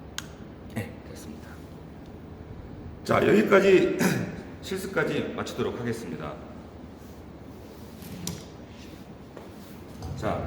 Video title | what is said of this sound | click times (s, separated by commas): 4주차 2강 전자제어정비실습 | 커넥터 장착할 때는 보시면 집어넣게 되면 똑 소리 날 때까지 눌러 주셔야 됩니다. 네, 됐습니다. | 0.2 s